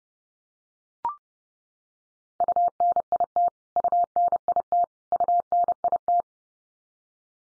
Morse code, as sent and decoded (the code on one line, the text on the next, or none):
..- -. .. - / ..- -. .. - / ..- -. .. -
UNIT UNIT UNIT